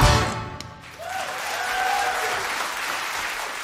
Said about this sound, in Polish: Przyłączam się do klasków,